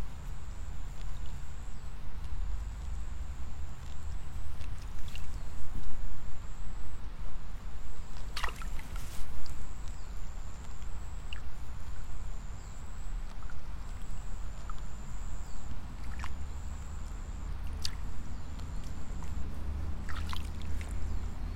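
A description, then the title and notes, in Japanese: Evening in a rice field while seedlings are being pulled, with a steady low rumble underneath. A high insect-like trill repeats in short pulses throughout, and sharp clicks and splashy snaps break in now and then, most clearly around 8 and 16 to 20 seconds. イネ苗取り ブユのいない気持ち良い夕方。いよいよ今年の手植え田んぼも大詰め。夕方、イネの苗取り。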